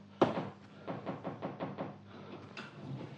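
A sharp knock is followed by a run of quick, evenly spaced taps on wood, then a softer creak and clunk like a door being pushed open, all fairly quiet with no voices.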